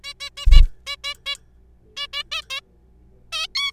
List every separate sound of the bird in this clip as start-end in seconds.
0.04-0.13, 0.20-0.30, 0.37-0.46, 0.51-0.61, 0.87-0.96, 1.04-1.13, 1.26-1.35, 1.97-2.07, 2.13-2.23, 2.32-2.41, 2.50-2.60, 3.32-3.47, 3.55-3.71